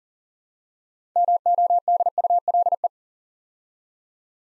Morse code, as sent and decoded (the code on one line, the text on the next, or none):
-- --- -.. ..- .-.. .
MODULE